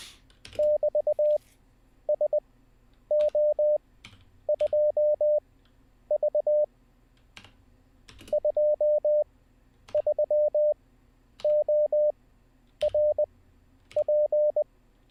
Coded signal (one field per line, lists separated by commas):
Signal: Morse code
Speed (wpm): 20 wpm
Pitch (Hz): 600 Hz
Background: none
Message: <BT>SO2V 23ORP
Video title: How To Learn Morse Code LIVE with N0SSC (Day 20)